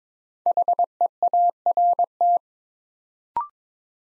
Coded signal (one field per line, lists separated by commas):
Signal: Morse code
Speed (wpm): 22 wpm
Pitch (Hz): 700 Hz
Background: none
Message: HEART